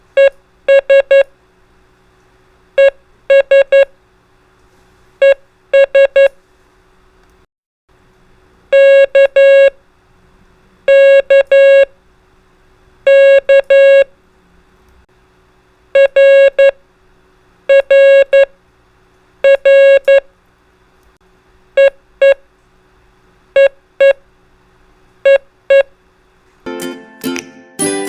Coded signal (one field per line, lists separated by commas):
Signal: Morse code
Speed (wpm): 11 wpm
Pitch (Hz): 550 Hz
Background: music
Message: ES ES ES K K K R R R EE EE EE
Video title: Ham Radio: Morse Code Trainer | Prosigns and Most Commonly Used Abbreviations